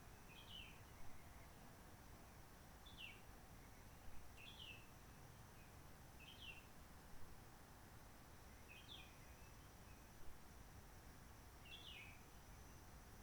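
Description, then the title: Réunion bulbul repeating a brief descending chirped phrase every few seconds, six times, against a quiet rumbling background and a faint steady high tone. Roche Merveilleuse, Réunion; forest quiet since 19 March 2020 lockdown, no people, microlights or helicopters; sunny blue sky; birds not very active; bulbul singing simpler short phrases, adapted to past noise pollution. "Roche Merveilleuse, Réunion - Merle de lîle de la Réunion."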